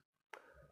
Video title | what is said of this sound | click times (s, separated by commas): urutan merakit komputer lengkap pengetesan komponen | Sudah terkunci. | 0.3 s